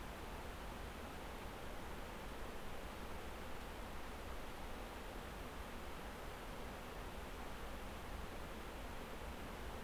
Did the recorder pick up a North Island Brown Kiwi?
no